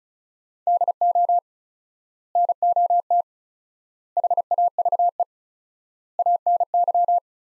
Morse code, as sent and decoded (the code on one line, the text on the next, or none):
-.. --- / -. --- - / .... .- ...- . / .- -. -.--
DO NOT HAVE ANY